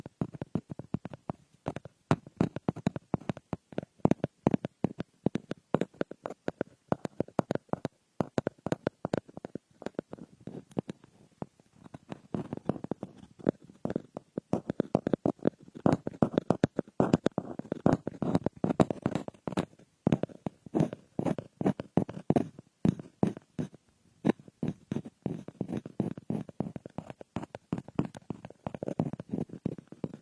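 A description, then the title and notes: Ear picking on a frosted bath ball makes dense, rapid crackling and scratchy clicks throughout, thinning briefly around twenty seconds before resuming. Frosted Bath Ball Ear Picking Experience.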